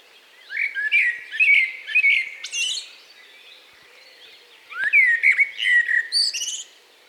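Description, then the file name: Common blackbird delivering two melodious whistled phrases, each ending in high, strained twittering flourishes, with a pause of about two seconds between them in an otherwise quiet background. "Turdus merula"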